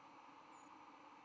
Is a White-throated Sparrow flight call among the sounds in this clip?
yes